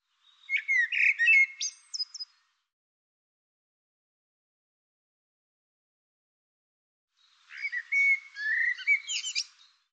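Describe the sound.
Bird giving two short, busy song phrases of chirps and buzzy whistles, about five seconds apart, with silence between.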